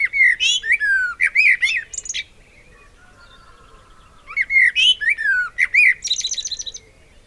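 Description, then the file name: Eurasian blackbird song: a rich mellow warbled phrase with high chattering notes, a pause, then another phrase closing in a rapid high twitter. "Turdus merula"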